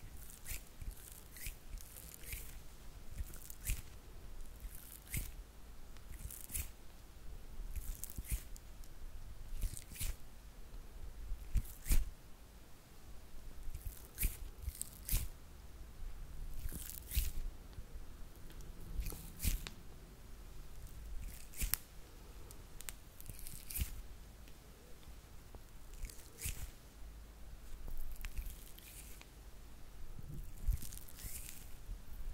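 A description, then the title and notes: Hand sounds: quick rubbing, brushing and squishing strokes that come in irregular bursts every second or so. Each stroke is short and crisp, with a soft low thud now and then beneath the rustle. ASMR HAND SOUNDS (No Talking).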